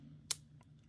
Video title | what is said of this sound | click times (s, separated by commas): Victorinox's Very First Solar Watch! - Victorinox Concept One 100m Solar 242053 | Nice solid click when it does latch on. | 0.3 s